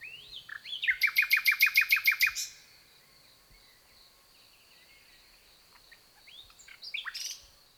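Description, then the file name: Common nightingale song starting with a loud, rapid run of identical notes repeated over a second and a half, followed by quiet pauses and a few scattered whistles and chirps. "Luscinia megarhynchos"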